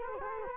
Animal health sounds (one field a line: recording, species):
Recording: mosquito wingbeat signal from an infrared sensor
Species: Culex quinquefasciatus